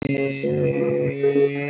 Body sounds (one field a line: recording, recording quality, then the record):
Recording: sustained vowel as in made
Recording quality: excellent, no background noise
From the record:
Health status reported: COVID-19 positive, mild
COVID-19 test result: positive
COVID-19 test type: RT-PCR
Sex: male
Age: 56 years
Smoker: no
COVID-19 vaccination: both doses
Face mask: not worn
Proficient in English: no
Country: India